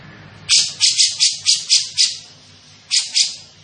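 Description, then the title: Grey-cheeked bulbul giving about seven quick harsh notes, a short pause, then two more, over soft background hum. Described as gacor (actively vocal), with a dense, clear voice. "Cucak Jenggot Gacor 1. Cucak Jenggot Gacor, Suara Rapat Dan Jernih"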